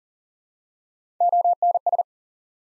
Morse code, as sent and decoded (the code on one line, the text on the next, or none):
--- -. ...
ONS